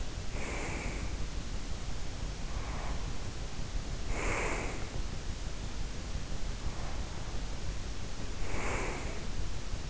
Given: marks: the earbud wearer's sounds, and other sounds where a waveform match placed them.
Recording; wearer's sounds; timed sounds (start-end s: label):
sounds in sleep by an in-ear microphone; breath
0.00-1.32 s: breath
2.46-5.09 s: breath
6.62-9.51 s: breath